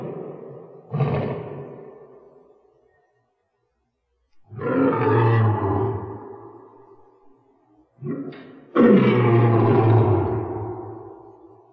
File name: Golosa zhivotnyh - Lev lat Panthera leo